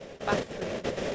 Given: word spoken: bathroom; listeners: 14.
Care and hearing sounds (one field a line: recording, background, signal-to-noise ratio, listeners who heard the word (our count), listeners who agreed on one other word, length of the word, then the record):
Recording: one English word in noise, from a listening test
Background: noise modulated by three-talker babble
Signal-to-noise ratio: -5.5 dB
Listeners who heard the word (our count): 6 of 14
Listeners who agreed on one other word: 6 of 14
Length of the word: 0.75 s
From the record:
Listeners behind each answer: 6, 6, 1, 1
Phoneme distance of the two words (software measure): 44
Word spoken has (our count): 2 syllables, 6 phonemes, stress on syllable 1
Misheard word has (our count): 3 syllables, 6 phonemes, stress on syllable 1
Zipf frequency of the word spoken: 4.81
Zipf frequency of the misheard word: 3.87